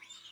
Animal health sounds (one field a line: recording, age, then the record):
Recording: pig call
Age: piglet (1 to 25 days)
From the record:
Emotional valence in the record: positive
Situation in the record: reunion after long isolation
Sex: female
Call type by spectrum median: high-frequency call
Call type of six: high-frequency stable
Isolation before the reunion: 8 minutes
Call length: 0.32 s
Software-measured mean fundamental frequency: 330 Hz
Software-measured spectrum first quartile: 2980 Hz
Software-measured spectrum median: 3700 Hz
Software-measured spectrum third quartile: 5971 Hz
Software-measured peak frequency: 3573 Hz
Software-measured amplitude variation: 180 dB a second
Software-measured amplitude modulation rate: 22.1 a second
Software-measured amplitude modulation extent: 8.1 dB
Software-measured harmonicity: 4.7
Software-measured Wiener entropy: -1.97